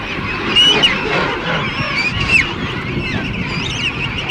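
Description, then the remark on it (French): A deafening, dense chorus of calls from a king penguin colony, with overlapping honking and braying cries from adults, higher-pitched chick calls threading through, and a constant wash of noise underneath. “Un concert assourdissant vous accueille et les premiers manchots qui vous aperçoivent vous regardent tout étonnés.”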